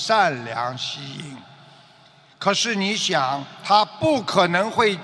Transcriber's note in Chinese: none